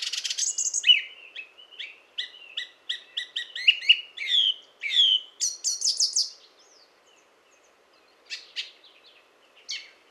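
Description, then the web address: Song thrush singing loud, varied phrases of sharp, whistled and chirping notes, many repeated two or three times, then pausing with a few scattered notes. "cibra valsolda. Tordo bottaccio"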